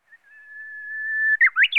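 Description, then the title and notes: Small bird song: a long, steady, pure whistled note that swells in loudness, then ends in a quick burst of three short rising and falling phrases. "NHK効果音集 - 2-波・川・小鳥"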